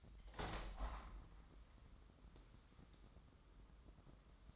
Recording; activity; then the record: daily activity, microphone in the room; open window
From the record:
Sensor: 3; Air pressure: 998.0 hPa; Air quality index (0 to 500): 128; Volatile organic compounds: 3 ppm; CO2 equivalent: 1522 ppm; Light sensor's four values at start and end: 15/42/17/16 and 15/42/17/16